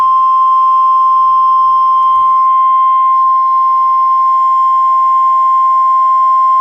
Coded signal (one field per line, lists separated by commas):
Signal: Emergency Alert System (SAME) tones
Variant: 1050 Hz attention tone